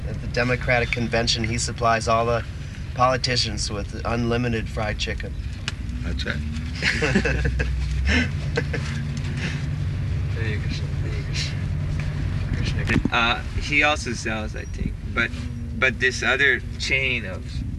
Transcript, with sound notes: At the Democratic convention he supplies all the politicians with unlimited fried chicken.
Ācchā? [laughter]
...he also sells, I think. But this other chain of